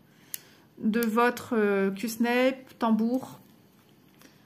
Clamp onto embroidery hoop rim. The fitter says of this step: ça c'est la pince qui va venir se clipser sur le bord de